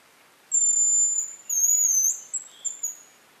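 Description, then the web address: Hazel grouse giving very high, thin whistles: one long sustained note, then a second wavering note and a few short trailing notes, over quiet background. "Голоса птиц Рябчик"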